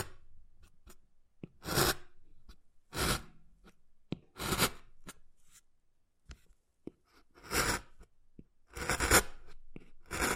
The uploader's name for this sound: Wood Carving, Tapping and Scratching Sounds